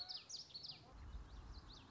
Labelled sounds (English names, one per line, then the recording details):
Common Yellowthroat
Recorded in Sonoma County, California